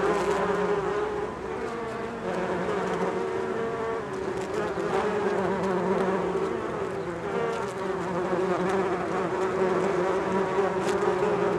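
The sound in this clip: Bees making a steady, layered buzzing drone, continuous for the whole stretch.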